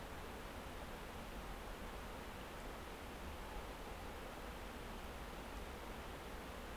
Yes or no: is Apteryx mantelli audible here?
no